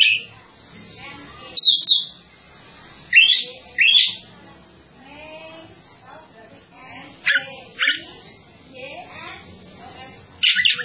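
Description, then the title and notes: Bird calls, scattered sharp chirps and quick whistles at irregular intervals over a low background hum. "Bird Sound. Kicau Burung Lengkap"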